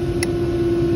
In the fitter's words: you hear the click and